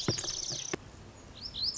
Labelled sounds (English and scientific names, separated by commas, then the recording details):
Lazuli Bunting (Passerina amoena)
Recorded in Sonoma County, California